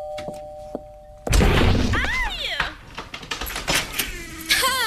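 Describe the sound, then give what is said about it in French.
After a quiet start with a faint steady hum, someone who forgot to open a closed door before going out slams into it with a sudden loud, heavy crash, followed by rattling clatter and wobbling, whistling tones that fade out. “Désolée, j'avais oublié d'ouvrir la porte avant de sortir.”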